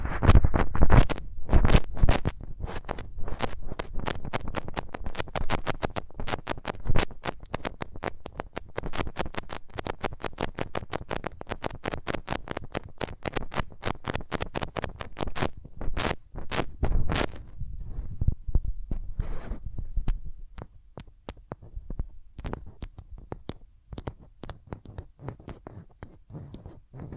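Hands rub over the ears in dense, rapid strokes, each a short brushing swish with a low thump. The rubbing runs steadily for about twenty seconds, then thins out and softens into sparser, quieter touches toward the end.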